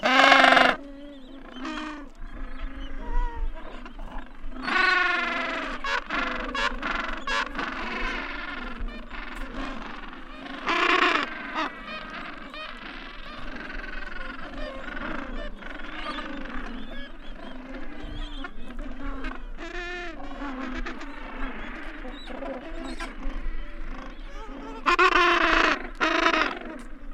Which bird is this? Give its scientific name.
Pygoscelis papua